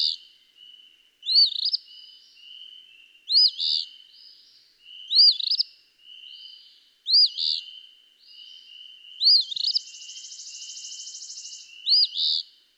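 Eastern phoebe singing sharp, burry fee-bee phrases at a steady pace, separated by faint buzzy notes, with a sustained buzzy stretch near the end.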